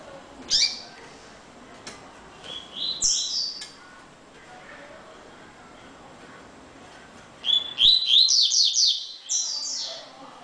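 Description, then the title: Double-collared seedeater song: scattered high chirps early, then a lively burst of rapid whistled notes near the end, with faint clicks between. "Canto Coleiro"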